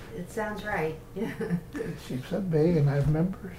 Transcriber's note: chuckles